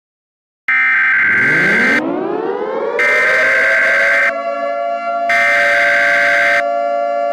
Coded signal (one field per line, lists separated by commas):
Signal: Emergency Alert System (SAME) tones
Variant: header bursts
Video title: EAS Scenario #16: ISIS Nightmare